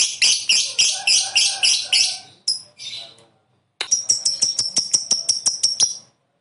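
Lovebird chatter: rapid run of shrill chirps, a short pause, then a fast series of thin ticking notes.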